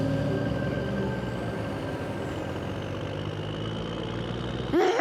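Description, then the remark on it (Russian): A steady, low car engine rumble with dense harmonic drone and a faint high whine holds for about five seconds, then a sharp burst of rising noise near the end as the car pulls away. “Машина Сафронова трогается.”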